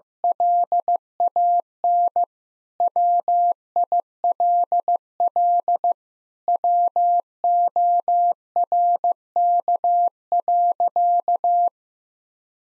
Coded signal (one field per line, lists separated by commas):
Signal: Morse code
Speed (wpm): 15 wpm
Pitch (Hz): 700 Hz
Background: none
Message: LAN WILL WORK.